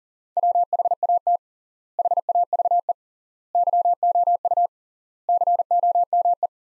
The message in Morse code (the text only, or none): WHAT HAVE YOU COME